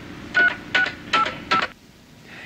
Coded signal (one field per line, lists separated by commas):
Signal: DTMF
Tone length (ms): 90 ms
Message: 3685